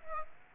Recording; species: mosquito wingbeat signal from an infrared sensor; Aedes aegypti